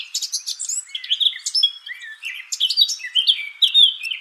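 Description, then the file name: Eurasian blackcap song, a lively warble mixing scratchy chatter with clear, fluty slurred whistles, delivered in quick bursts without pause. "Sylvia atricapilla"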